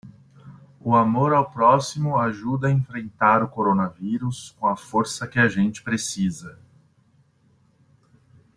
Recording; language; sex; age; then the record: spoken sentence; Brazilian Portuguese; male; 30 to 39 years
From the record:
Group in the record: control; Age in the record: 36 years